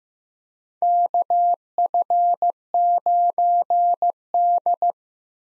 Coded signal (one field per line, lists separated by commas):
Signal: Morse code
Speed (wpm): 15 wpm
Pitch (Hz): 700 Hz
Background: none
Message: KF9D